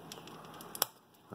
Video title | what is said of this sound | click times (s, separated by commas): boneco Voltron Legendary Defender Diecast Playmates BR | ele dá um estalo, que é sinal que já tá encaixado. | 0.8 s